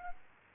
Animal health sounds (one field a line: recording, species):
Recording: mosquito wingbeat signal from an infrared sensor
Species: Aedes aegypti